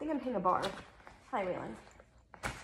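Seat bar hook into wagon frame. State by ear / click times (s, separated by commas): seated / 2.3 s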